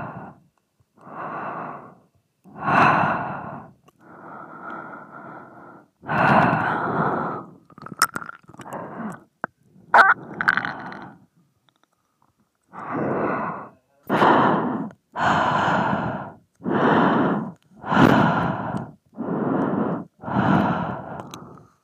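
Close breathing into a microphone, with slow, regular breaths about every one to two seconds, each a soft rush of air. Near the middle a few quick snorts and clicks break the pattern before the steady inhales and exhales resume, slightly louder toward the end.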